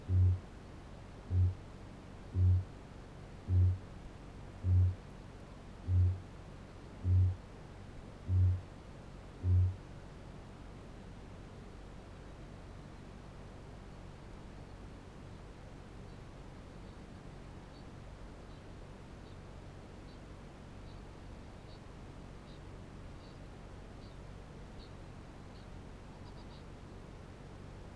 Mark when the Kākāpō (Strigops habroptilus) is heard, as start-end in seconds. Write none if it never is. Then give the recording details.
0.00-9.97, 15.02-25.81. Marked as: faintness 2/5, faintness 5/5. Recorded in New Zealand. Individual Barnard